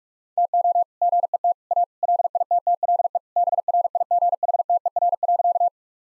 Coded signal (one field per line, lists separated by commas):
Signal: Morse code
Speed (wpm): 46 wpm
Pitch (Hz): 700 Hz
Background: none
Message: TO GET A LITTLE BRIGHTER.